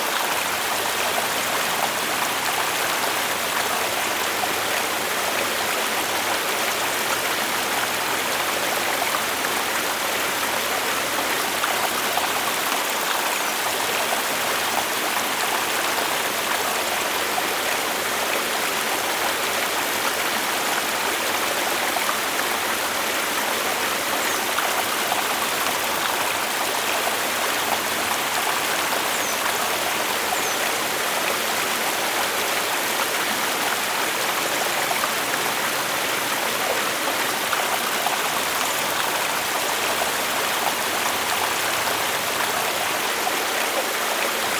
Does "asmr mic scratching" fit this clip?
no